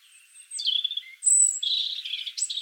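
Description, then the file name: European robin song phrase of high, drawn-out whistles shifting in pitch, with a bright sustained trill in the second half. "Erithacus rubecula"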